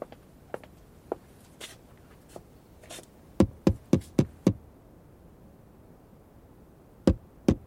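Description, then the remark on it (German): Sharp wooden knocks on a door: a few faint scattered taps, then a loud rapid burst of five knocks, a pause, and two more firm raps. “Öffnen Sie, Milord. Scheint nicht zu Hause zu sein.”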